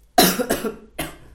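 Adult man coughing from laughing too much.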